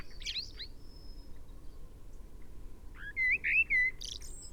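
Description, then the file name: Common blackbird delivering one phrase of three clear fluted whistles that rise slightly, then a brief high squeaky trill; faint high twitter earlier. "Turdus merula"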